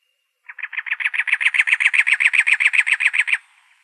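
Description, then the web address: Cactus wren sounding a fast, raspy series of evenly spaced churring notes for about three seconds, rising in volume before cutting off; no other sounds. Arizona, 2 October 2003. "Wrens Kinglets Gnatcatchers CACW 031002. deviche"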